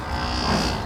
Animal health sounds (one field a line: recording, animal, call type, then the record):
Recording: contact call of a hoofed animal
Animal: cattle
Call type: low-frequency (closed-mouth) or high-frequency (open-mouth) call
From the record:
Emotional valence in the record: negative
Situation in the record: physical separation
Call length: 0.86 s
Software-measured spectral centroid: 2760 Hz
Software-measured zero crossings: 3010 a second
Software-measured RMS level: -24 dBFS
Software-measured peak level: -11 dBFS